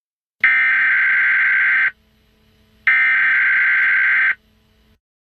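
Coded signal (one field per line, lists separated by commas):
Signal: Emergency Alert System (SAME) tones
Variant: header bursts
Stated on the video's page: Fictional EAS scenario about a dinosaur resurrection.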